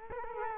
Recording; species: mosquito wingbeat signal from an infrared sensor; Culex quinquefasciatus